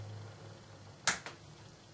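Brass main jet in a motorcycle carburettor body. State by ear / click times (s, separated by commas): released / 1.1 s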